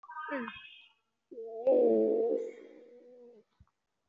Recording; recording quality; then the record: sustained vowel as in made; moderate, slight background noise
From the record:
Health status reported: respiratory illness, not identified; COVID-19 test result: negative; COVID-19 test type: RT-PCR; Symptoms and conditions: cough, cold, fatigue, asthma, another respiratory illness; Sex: female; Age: 34 years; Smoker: no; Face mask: not worn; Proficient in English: no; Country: India